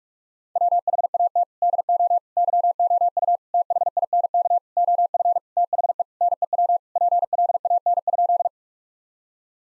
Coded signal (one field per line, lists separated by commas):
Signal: Morse code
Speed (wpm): 41 wpm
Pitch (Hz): 700 Hz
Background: none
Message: WHAT DO YOU THINK OF THE NEW PLAN?